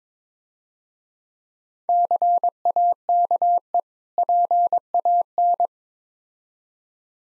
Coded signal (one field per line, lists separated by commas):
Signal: Morse code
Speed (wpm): 22 wpm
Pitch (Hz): 700 Hz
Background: none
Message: CAKE PAN